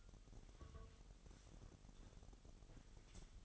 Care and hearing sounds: daily activity, microphone in the room; take from stove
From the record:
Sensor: 4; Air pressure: 989.1 hPa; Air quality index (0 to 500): 208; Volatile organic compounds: 56 ppm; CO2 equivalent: 3370 ppm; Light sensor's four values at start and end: 29/99/37/39 and 29/98/36/38

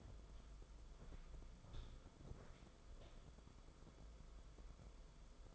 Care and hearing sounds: daily activity, microphone in the room; walk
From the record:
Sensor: 5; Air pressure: 994.5 hPa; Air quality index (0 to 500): 176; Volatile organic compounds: 794 ppm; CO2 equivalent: 5125 ppm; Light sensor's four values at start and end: 11/26/10/11 and 11/26/10/11

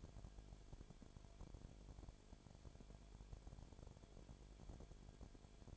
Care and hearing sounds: daily activity, microphone in the room; no activity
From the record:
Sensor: 5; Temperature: 19.9 degrees Celsius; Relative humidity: 35.5%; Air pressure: 1003.4 hPa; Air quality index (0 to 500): 58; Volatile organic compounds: 1 ppm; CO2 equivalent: 639 ppm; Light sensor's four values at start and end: 2/3/1/1 and 2/3/1/1

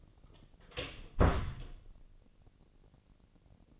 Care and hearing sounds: daily activity, microphone in the room; close door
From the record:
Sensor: 4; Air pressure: 1013.2 hPa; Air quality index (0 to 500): 178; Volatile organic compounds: 2 ppm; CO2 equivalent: 1121 ppm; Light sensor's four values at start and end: 97/242/99/105 and 71/172/73/73

